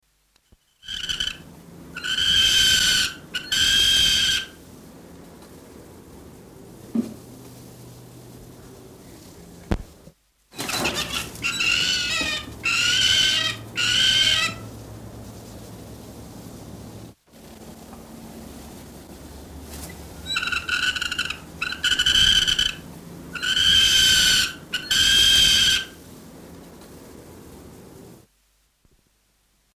New Zealand falcon/kārearea female song. Female giving calls soliciting food from male.